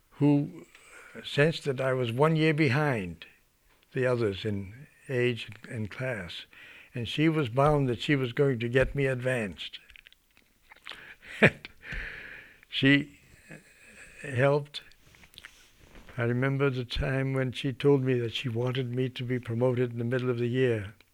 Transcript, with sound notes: who assessed that I was one year behind the others in age and class. And she was bound that she was going to get me advanced. (he laughs) She helped. I remember the time when she told me that she wanted me to be promoted in the middle of the year.